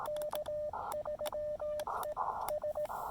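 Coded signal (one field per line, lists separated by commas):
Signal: Morse code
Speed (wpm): 17 wpm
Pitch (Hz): 600 Hz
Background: radio noise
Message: K3E S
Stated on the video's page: Morse code from a QRP summit activation using an Elecraft KX2 and Chameleon MPAS Lite antenna, during a solar flare.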